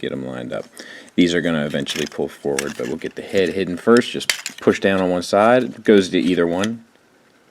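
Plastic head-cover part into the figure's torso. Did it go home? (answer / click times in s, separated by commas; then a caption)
no / none. Someone talks while transforming a plastic Transformers Combiner Wars Motormaster robot figure, lining up parts and pushing down on one side of the plastic head-cover part to hide the head in the figure's torso. The clip ends before the part snaps into place; nothing has seated or clicked yet.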